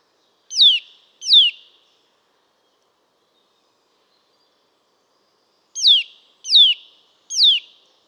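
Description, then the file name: Eurasian nuthatch calls: two sharp downslurred notes, a pause of several seconds, then three more evenly spaced, each dropping quickly in pitch. "Sitta europaea"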